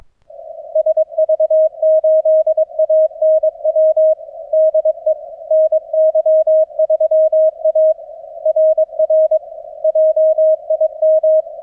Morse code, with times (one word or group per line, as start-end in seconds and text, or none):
0.8-4.1 SV8ANW
4.5-5.1 DE
5.5-7.9 NY3A
8.5-9.4 RR
9.8-11.4 JIM